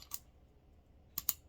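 The barrel bushing of a Rock Island 1911 .38 Super pistol drops into the slide, its notch lined up with the recoil spring. After faint ticks at the start and a quiet pause, two sharp metallic clicks sound at 1.2 s and 1.3 s as the bushing falls into place. The bushing is seated.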